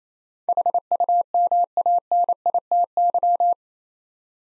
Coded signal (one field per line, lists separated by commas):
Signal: Morse code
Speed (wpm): 28 wpm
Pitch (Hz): 700 Hz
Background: none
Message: HUMANITY